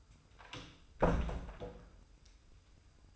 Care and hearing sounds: daily activity, microphone in the room; close door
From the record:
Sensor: 2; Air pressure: 990.3 hPa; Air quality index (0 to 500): 184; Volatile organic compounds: 1000 ppm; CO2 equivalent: 5844 ppm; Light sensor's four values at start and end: 34/80/33/33 and 34/80/33/33

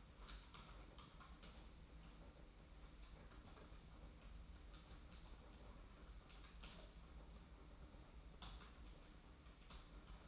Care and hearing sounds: daily activity, microphone in the room; typing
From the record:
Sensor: 1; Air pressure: 991.7 hPa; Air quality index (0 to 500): 173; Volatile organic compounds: 1000 ppm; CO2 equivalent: 6550 ppm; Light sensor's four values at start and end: 29/100/38/39 and 29/100/38/39

